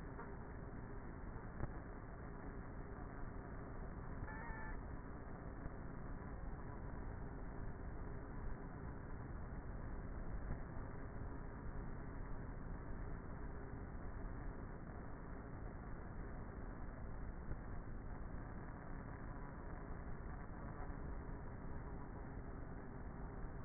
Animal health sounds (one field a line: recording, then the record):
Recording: honeybee colony, microphone inside the hive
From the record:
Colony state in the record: queenless with a low population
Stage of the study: before two queens were removed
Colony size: about 30,000 bees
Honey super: no